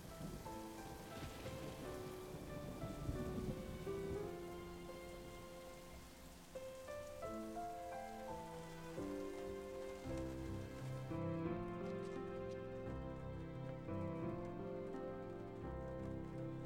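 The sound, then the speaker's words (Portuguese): Steady rain hisses and patters beneath a slow, melodic music score, the sustained notes shifting in pitch throughout while the downpour keeps an even, moderate level. “Chove como um pranto de nuvens feridas e a escuridão continua a reinar.”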